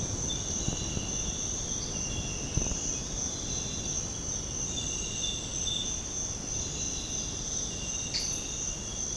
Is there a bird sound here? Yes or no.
no